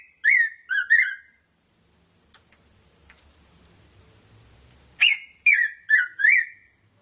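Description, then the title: Red-throated parrotfinch calls: a burst of three sharp, harmonic, downslurred notes, a quiet gap of a few seconds, then a burst of four. "Erythrura Psittacea"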